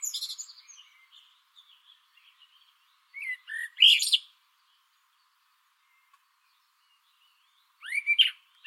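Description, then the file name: Common blackbird song: the end of a high twittered phrase, then two warbled phrases separated by quiet gaps. "Turdus merula"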